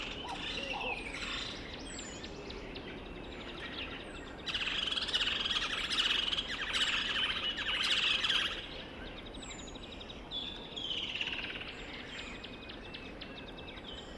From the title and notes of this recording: Durational audio recording of the sound environment around a dry stretch of the Limpopo River in South Africa at the beginning of the rainy season. The recording begins just before dusk and continues through late morning. Audio encoding: Stereo FLAC at 48kHz, 24bit.